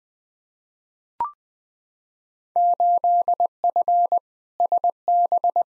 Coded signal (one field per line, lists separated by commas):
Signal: Morse code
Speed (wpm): 20 wpm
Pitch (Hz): 700 Hz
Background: none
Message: 8F SB